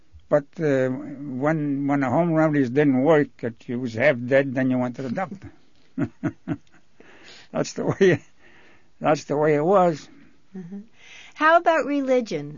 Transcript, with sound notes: But, uh, when the home remedies didn't work and the kid was half dead, then you went to the doctor. ( they laugh ) That's the way, that's the way it was.
How about religion?